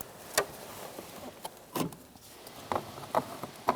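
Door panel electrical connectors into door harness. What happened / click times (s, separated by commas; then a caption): Connectors handled, not yet seated / none. Door panel electrical connectors are handled at the door harness of a 2007–2017 Ford Expedition while the panel is held at the door during power window motor and regulator replacement; one of the connectors has a lock. Sharp handling knocks and rustles are heard at about 0.4, 3.2 and 3.7 seconds. Nothing has seated or clicked in yet.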